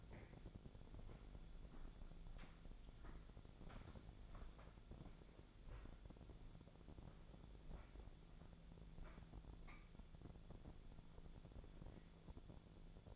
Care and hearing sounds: daily activity, microphone in the room; walk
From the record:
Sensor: 5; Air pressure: 1008.5 hPa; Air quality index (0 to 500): 156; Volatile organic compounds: 3 ppm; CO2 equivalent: 1503 ppm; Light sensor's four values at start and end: 67/184/73/74 and 67/184/72/74

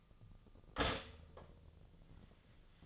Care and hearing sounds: daily activity, microphone in the room; stop toaster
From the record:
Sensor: 4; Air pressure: 1010.1 hPa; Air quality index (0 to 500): 179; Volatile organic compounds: 5 ppm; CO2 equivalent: 1815 ppm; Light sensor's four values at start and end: 23/69/27/27 and 23/70/27/27

